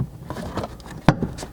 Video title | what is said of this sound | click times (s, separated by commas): Bronco Sport Roof Rack Install | once you have that screw in you can start back here at the rear and begin snapping these two halves back together | 1.1 s